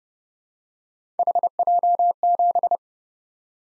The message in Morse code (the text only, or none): HJ7